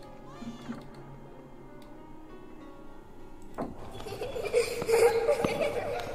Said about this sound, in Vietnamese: Mụ Dương cau mày lắng nghe thật kỹ. Quả nhiên đúng là có tiếng trẻ con lúc cười lúc khóc văng vẳng đâu đây.